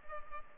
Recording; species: mosquito wingbeat signal from an infrared sensor; Culex pipiens